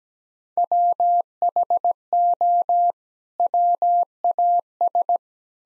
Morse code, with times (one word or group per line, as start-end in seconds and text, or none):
0.6-2.9 WHO
3.4-5.2 WAS